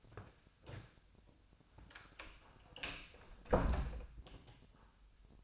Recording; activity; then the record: daily activity, microphone in the room; close door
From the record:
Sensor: 2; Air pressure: 1007.0 hPa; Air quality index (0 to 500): 194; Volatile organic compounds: 13 ppm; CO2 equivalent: 2379 ppm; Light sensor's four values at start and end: 9/23/9/10 and 9/23/9/10